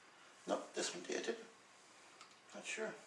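Water tubing is being handled at a reverse osmosis filter quick-connect fitting while someone talks, with a brief faint tick near 2.2 s. The tubing has not yet seated or locked into the fitting.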